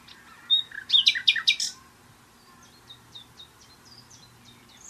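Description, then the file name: Common nightingale song: a short loud burst of sharp repeated notes, then a trailing series of faint high whistles. "Luscinia megarhynchos"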